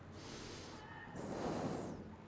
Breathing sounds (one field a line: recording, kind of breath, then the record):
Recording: one breath in and out by a microphone near the nose and mouth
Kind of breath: normal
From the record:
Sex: male